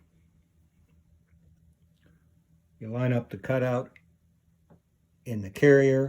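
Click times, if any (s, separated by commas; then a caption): none. A shotgun bolt for an SKB 1300-1900 is handled and lined up with the cutout in its bolt carrier before being pushed home, over a faint low hum with small handling noises. Someone talks from about 2.8 to 4.0 seconds and again from 5.3 seconds to the end. Nothing has seated or clicked yet.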